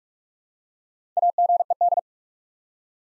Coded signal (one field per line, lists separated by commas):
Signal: Morse code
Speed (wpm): 44 wpm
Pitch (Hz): 700 Hz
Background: none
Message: AGED